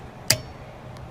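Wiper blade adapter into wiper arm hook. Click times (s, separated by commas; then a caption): 0.3 s. On a 2010 Infiniti G37x, a new plastic wiper blade adapter is pulled up into the metal J-hook windshield wiper arm and snaps into place with a sharp, bright click at 0.3 s. The rest of the clip is a low, steady background with only a faint tick near 1.0 s. The blade is confirmed seated in the arm.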